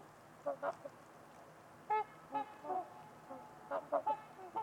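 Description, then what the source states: Trumpeter swans calling in repeated brassy honks, singly and in quick pairs, scattered throughout over a low steady hiss. Several trumpeter swans at Winters Lake on a winter evening, in a quiet, deep valley, with distant white noise.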